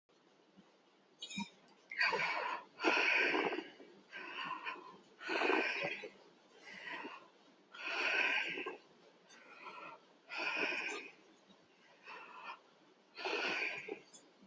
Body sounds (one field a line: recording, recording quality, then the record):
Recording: deep breathing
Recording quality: excellent, no background noise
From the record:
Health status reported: healthy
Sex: male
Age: 28 years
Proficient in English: yes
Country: India